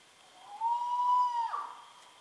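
Spot-bellied eagle-owl giving one drawn-out, even whistled wail lasting about a second, rising slightly at the start and ending in a brief rough break.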